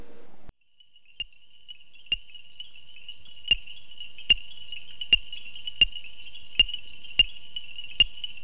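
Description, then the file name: Common reed frog giving repeated sharp ticking notes, roughly every second, over a steady high ringing hum after a brief burst of noise at the start. "Hyperolius viridiflavus"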